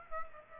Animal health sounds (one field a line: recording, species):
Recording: mosquito wingbeat signal from an infrared sensor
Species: Aedes aegypti